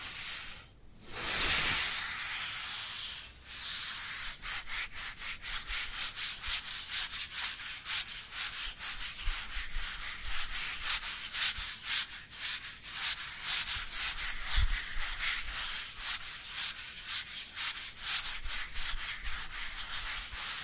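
Dry hands rub together in a steady, scratchy rhythm, a dense run of quick bright strokes that keeps going for most of the twenty seconds. A brief pause and a few louder swipes come near the start, then the rubbing settles into an even, rasping pace.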